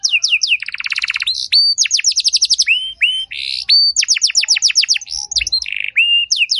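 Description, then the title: Canary singing a continuous, varied song of quick trilled phrases, downslurred whistles and a short buzzy note. Belgian canary song, played to stir other canaries into singing; described as long, richly varied song with ornate phrases. "Canto Para Esquentar Canário Belga. Suara Burung Kenari Lagu dan Cengkok Mewah Buat Kenari Lain Bakal Langsung Nyaut Gacor Panjang"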